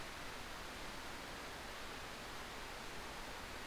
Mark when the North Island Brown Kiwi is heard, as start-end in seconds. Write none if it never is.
none